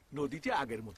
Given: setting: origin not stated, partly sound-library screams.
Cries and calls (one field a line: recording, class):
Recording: one-second piece from a danger detection set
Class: normal situation